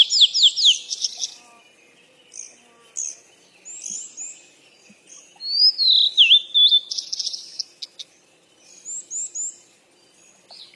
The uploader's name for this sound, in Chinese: 鸟儿喳喳